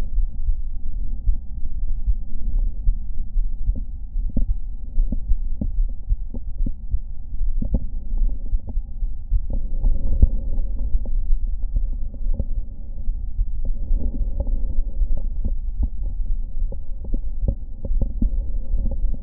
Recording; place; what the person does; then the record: lung sounds by stethoscope; left anterior apical chest; quiet breathing, then deep breathing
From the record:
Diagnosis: asthma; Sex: female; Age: 65 years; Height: 157 cm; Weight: 70.2 kg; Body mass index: 28.5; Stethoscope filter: diaphragm mode